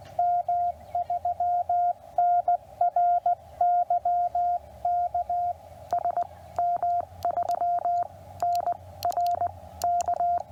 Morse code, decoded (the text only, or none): M3NRYK S M3 N R K